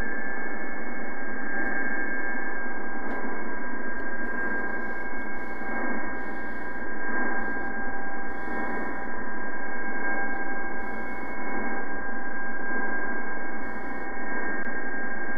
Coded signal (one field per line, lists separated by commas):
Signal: PSK31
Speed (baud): 31.25 baud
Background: radio noise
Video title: Demo of SDR-Radio with Lazy Dog LD-1B Front End, Part I